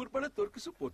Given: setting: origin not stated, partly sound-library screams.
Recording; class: one-second piece from a danger detection set; normal situation